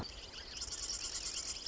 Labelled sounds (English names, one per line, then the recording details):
Marsh Wren
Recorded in Sonoma County, California